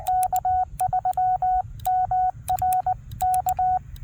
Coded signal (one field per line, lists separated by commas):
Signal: Morse code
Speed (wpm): 20 wpm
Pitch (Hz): 740 Hz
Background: radio noise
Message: K3MRK